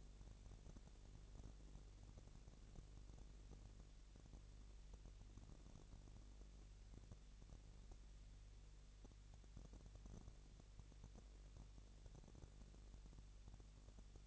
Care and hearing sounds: daily activity, microphone in the room; no activity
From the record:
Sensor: 4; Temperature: 22.5 degrees Celsius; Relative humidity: 33.4%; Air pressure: 999.6 hPa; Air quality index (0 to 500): 231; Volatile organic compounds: 21 ppm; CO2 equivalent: 2707 ppm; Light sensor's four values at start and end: 2/3/1/1 and 2/3/1/1

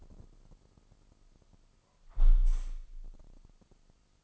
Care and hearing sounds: daily activity, microphone in the room; close window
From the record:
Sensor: 5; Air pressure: 1004.7 hPa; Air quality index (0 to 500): 80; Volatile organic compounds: 1 ppm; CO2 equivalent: 961 ppm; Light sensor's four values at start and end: 34/79/32/31 and 34/79/32/31

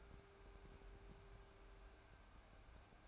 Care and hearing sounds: daily activity, microphone in the room; take from stove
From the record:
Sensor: 2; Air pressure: 1010.1 hPa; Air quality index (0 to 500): 160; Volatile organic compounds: 7 ppm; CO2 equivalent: 2012 ppm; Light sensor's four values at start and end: 42/100/45/51 and 42/101/45/51

